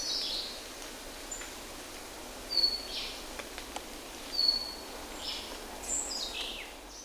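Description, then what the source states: Birds calling with sharp high chirps and thin whistled notes at irregular intervals, heard over a constant hissing background. In rainforest.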